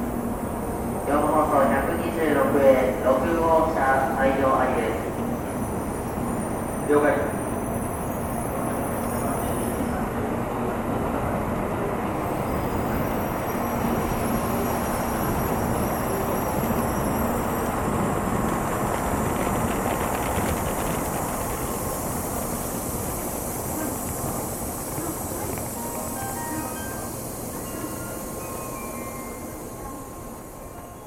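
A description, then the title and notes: Trains rumble steadily through a station, a dense low roar with a faint tonal whine that fades slowly toward the end. Voices talk over it in the first few seconds, and brief speech returns around seven seconds, then the train noise carries on alone. TRAIN STATION IN JAPAN AMBIENCE.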